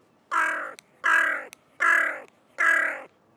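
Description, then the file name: Carrion crow cawing: four harsh, rasping caws of even length, evenly spaced under a second apart. "Corvus corone"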